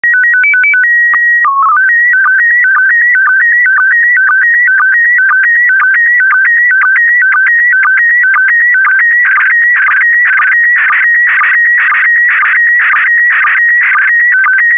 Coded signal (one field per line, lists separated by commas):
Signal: SSTV (slow-scan television)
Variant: PD 120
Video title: (06 of 12) ARISS 20 Years - Series 7 July 2017 - Retransmission SSTV PD120